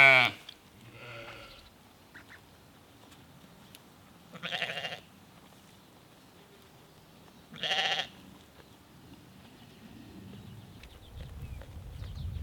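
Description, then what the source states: Sheep bleats: two short, wavering bleats a few seconds apart, after a brief louder sound at the very start. Sheep from a small herd in Norway.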